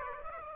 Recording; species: mosquito wingbeat signal from an infrared sensor; Aedes aegypti